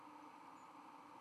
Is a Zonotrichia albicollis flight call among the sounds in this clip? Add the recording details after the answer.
no. Another species' flight call is heard. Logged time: 03:54 on 31 October 2014